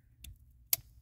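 On a 2022 Super Duty plug-and-play mirror spotlight strobe/steady module install, the original green plug is pushed into the gray plug of the kit harness. A faint tick at 0.3 s is followed by a sharp, bright click at 0.7 s as the connector seats fully home.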